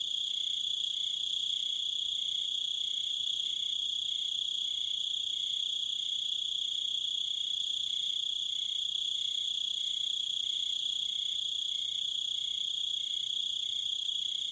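Crickets singing, a continuous high steady trill layered over evenly spaced short chirps repeating about three times per second, unchanging throughout.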